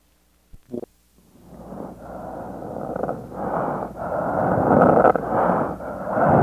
Crackles can be heard over the mouth as well as over the chest wall, a sign known to ancient physicians as the death rattle. A death rattle in a dying patient over the mouth.